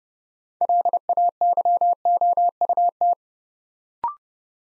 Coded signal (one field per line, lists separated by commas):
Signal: Morse code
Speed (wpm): 30 wpm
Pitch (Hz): 700 Hz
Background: none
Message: LAYOUT